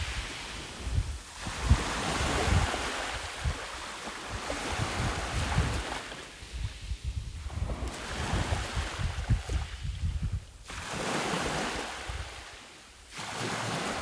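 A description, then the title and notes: Waves wash in and out with wind blowing over them, a rough, rushing hiss that swells and recedes every few seconds, strongest around 2, 9 and 12 seconds. Low buffeting thumps from the wind run underneath throughout. Mám za sebou měsíc #vanlife a během toho měsíce jsem zaznamenávala zvuky z těch nejkouzelnějších míst.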